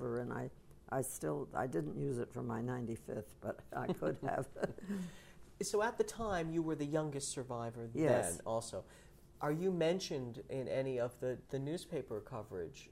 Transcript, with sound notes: And I, I didn't use it for my ninety-fifth but I could have. (she laughs)
So at the time you were the youngest survivor of the event also.
Yes.
Are you mentioned in any of the newspaper coverage...